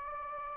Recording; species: mosquito wingbeat signal from an infrared sensor; Anopheles gambiae